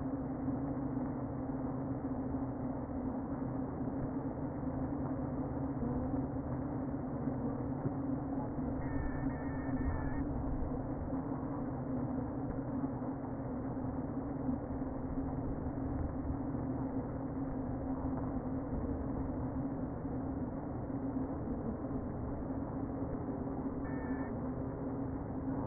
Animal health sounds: honeybee colony, microphone inside the hive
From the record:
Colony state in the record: queen present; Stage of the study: before two queens were removed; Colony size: about 60,000 bees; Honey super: yes

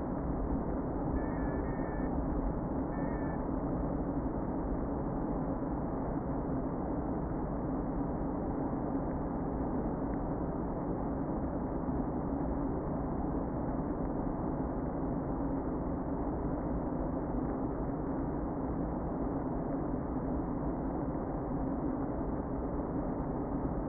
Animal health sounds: honeybee colony, microphone inside the hive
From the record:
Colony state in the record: queen present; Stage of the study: before two queens were removed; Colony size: about 60,000 bees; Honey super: yes

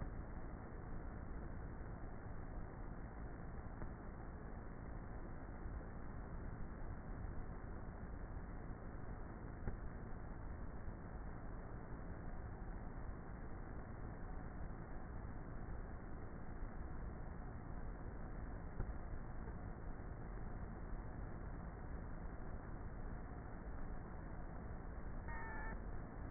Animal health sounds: honeybee colony, microphone inside the hive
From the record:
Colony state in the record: queenless with a low population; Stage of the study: before two queens were removed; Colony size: about 30,000 bees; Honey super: no

